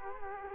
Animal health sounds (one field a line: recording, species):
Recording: mosquito wingbeat signal from an infrared sensor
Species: Culex quinquefasciatus